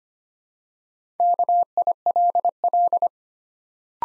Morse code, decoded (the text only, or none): KILL